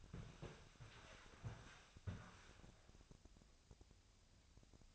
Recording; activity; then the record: daily activity, microphone in the room; walk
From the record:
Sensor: 2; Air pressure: 1000.4 hPa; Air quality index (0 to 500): 165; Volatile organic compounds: 3 ppm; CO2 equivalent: 1375 ppm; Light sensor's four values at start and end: 12/31/12/14 and 12/34/13/15